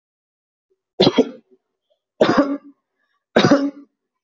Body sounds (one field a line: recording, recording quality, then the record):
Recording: heavy voluntary cough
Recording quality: excellent, no background noise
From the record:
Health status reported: healthy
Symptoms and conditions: none ticked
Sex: male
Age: 22 years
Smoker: not ticked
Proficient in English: yes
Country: India